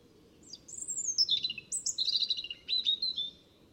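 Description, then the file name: European robin song: high whistles slurring downward into quick liquid trills and a few lower twittered notes, with steady faint background noise. "Erithacus rubecula"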